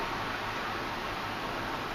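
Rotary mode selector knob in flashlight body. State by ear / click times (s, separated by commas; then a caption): not seated / none. The rotary mode selector knob on a Streamlight Sidewinder Military tactical flashlight with IR feature is pulled out of the flashlight body and turned toward the red LED position. Only steady, even broadband hiss and faint rustle are heard, with no distinct transients. Nothing has seated or clicked back into its detent yet.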